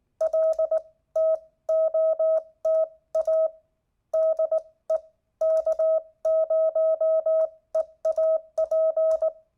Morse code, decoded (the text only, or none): LTOTA DE K0EAP